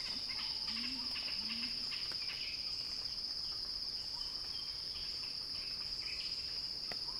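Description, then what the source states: Cicada drone, steady and shrill, with a pair of low chirps near the start and several soft bird calls. Described as a cicada crescendo; recorded by Axel Drioli.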